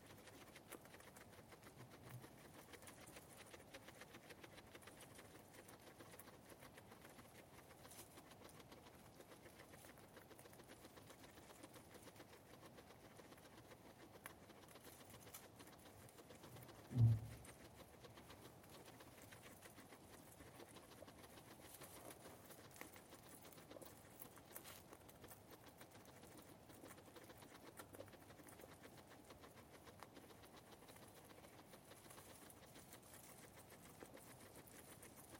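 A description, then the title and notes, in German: Guinea pigs make odd, soft sounds over a steady, quiet hiss, with faint low murmurs and chirps scattered throughout. Just past the halfway point, around seventeen seconds, a single sharp low thump stands out clearly, then the quiet rustling resumes. Meerschweinchen machen sehr, sehr seltsame Geräusche. Hab' ich einmal eine OutsideSounds-Episode drinnen aufgenommen.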